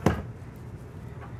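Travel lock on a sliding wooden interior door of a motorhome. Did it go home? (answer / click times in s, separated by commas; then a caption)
no / none. The travel lock on a heavy solid-wood sliding interior door in the bedroom of a 2023 Newmar Dutch Star 3736 motorhome is being handled: its release piece is pressed down and the door is pushed back in. A brief sharp knock sounds at about 0.1 s, followed by a low, steady background hum. Nothing has seated or clicked yet; the lock has not latched home.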